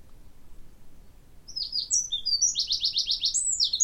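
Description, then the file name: Eurasian wren song begins after a short pause: piercing high notes leading into a rapid rattling trill, delivered loud and fast. "Troglodytes troglodytes"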